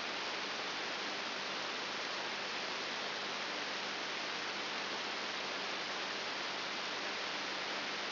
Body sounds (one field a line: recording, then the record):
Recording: brain microelectrode recording played as sound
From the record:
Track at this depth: outside the subthalamic nucleus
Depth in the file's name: 7.3 mm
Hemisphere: right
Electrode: 3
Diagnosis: Parkinson's disease